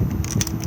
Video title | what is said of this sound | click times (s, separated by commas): 46150 Swift Fairway 635 outside | give it a bit of a wiggle and now it'll pop | 0.4 s